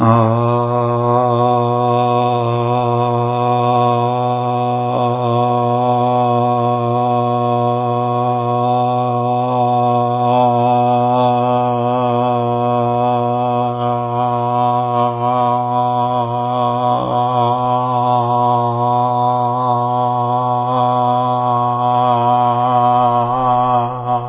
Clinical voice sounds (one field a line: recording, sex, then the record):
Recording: sustained vowel /a/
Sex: male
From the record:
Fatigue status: no fatigue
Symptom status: symptomatic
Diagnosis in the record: COVID-19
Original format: 3gp